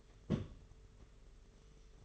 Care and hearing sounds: daily activity, microphone in the room; place on stove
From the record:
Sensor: 4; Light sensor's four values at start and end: 21/75/27/29 and 21/75/27/29

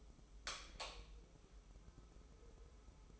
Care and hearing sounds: daily activity, microphone in the room; light off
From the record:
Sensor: 1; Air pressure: 995.4 hPa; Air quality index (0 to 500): 25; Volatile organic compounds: 1 ppm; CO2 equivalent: 506 ppm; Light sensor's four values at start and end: 14/41/15/17 and 10/25/10/11

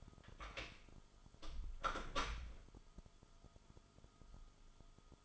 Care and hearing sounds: daily activity, microphone in the room; close door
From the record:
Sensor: 5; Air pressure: 1005.1 hPa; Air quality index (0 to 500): 84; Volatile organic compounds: 2 ppm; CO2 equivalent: 1005 ppm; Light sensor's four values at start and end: 35/81/33/32 and 35/82/33/32

